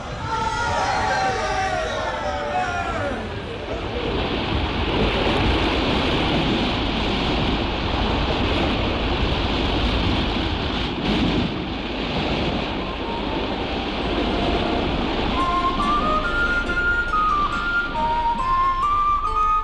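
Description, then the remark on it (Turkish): Heavy, stormy sea waves surge and roar continuously in a storm, a loud churning wash with gusting wind, while indistinct voices call out over the tumult at the beginning and again near the end. “Bakın deniz nasıl kabarıyor.”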